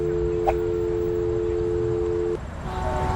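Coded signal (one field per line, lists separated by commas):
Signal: telephone call progress tone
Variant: North America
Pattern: dial tone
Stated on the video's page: Telephone tone within the PC game Leisure Suit Larry in the Land of the Lounge Lizards Reloaded.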